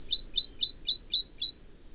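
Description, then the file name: Great tit giving six sharp, high, evenly spaced notes in a rapid series, then falling quiet. "Parus major"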